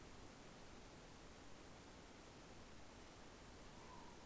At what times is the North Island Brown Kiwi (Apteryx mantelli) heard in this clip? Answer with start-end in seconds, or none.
none